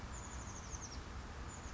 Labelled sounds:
Oak Titmouse (Baeolophus inornatus)

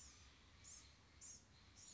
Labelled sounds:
Blue-gray Gnatcatcher (Polioptila caerulea)

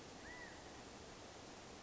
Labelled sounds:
California Quail (Callipepla californica)

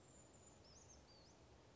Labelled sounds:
Brown Creeper (Certhia americana)

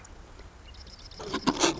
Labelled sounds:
Marsh Wren (Cistothorus palustris)

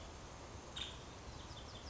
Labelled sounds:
Nuttall's Woodpecker (Dryobates nuttallii)

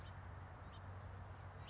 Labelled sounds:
House Finch (Haemorhous mexicanus)

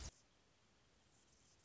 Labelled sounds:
Anna's Hummingbird (Calypte anna)

